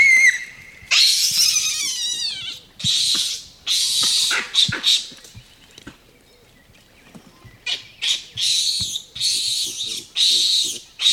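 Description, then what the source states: Baboon screeches: a long, loud, raspy scream, then several shorter harsh bursts, a lull, and more harsh bursts. Screeches, Africa, 2015.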